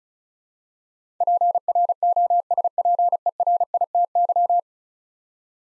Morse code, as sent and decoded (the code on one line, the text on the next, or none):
.--. .-. --- ... .--. . .-. .. - -.--
PROSPERITY